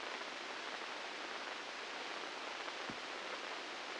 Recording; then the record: brain microelectrode recording played as sound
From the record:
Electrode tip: inside the subthalamic nucleus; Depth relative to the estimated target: -3 mm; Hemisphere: right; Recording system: NeuroSet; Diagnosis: Parkinson's disease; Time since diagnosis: 9 years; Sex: female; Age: 51 years